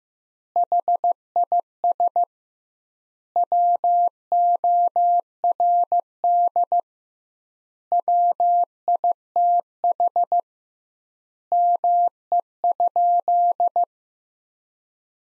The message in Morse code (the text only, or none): HIS WORD WITH ME?